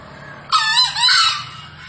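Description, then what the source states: Green junglefowl giving one hoarse, harsh crow in two linked parts, lasting about a second, over a faint low background hum. Wild green junglefowl released to roam free, calling loudly and persistently from up in a tree; recording presented as a lure call for junglefowl.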